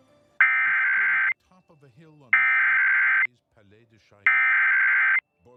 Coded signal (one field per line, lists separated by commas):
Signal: Emergency Alert System (SAME) tones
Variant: header bursts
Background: speech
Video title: (EXTREMELY RARE) Shelter In Place Warning on Maine Public Television (10/25/2023) (EAS #103)